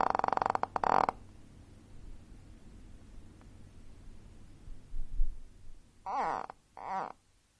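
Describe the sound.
Gharial calls: a rapid pulsed burst at the start, then two separate harmonic calls with curving, sweeping tones near the end.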